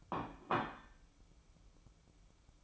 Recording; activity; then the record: daily activity, microphone in the room; place plate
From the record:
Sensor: 1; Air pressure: 1007.5 hPa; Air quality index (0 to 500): 77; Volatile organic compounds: 1 ppm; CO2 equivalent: 668 ppm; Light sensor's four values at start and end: 9/23/9/10 and 9/22/9/10